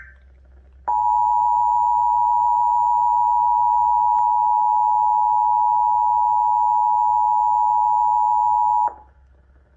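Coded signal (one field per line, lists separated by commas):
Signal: Emergency Alert System (SAME) tones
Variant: 853 and 960 Hz attention tone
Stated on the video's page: Required monthly test relayed simultaneously by several FM stations from the originating FM station.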